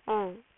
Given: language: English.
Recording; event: throat vibration sensor signal played as sound; speech